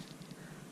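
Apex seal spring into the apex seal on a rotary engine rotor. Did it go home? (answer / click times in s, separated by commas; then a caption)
no / none. The larger apex seal spring is pushed into the apex seal on an RX-8 rotary engine rotor during an engine rebuild. A steady low hum and faint hiss fill the clip, with only a small soft bump near 0.1 s. Nothing has seated or clicked yet.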